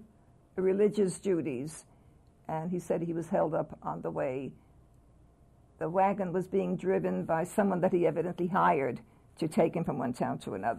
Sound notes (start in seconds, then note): none